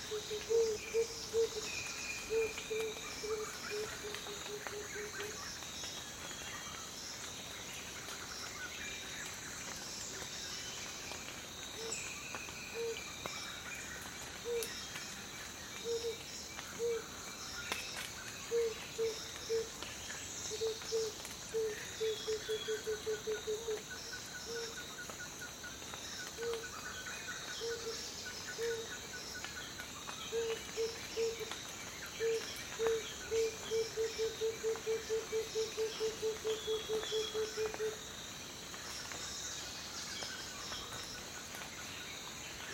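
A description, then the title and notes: A savanna morning with a steady, dense wash of high insect chirring running throughout. Over it, a low hooting bird call repeats in quick series, breaking into short bursts and a long even run near the end. Faint birdsong sits in the background. Gabon Savanna Morning. On the border between Gabon and R Congo, the thick jungle gives way to sparser savanna dotted with pockets of forest. The sound of these habitats is more open and lush than what you would hear in primary or secondary rainforest.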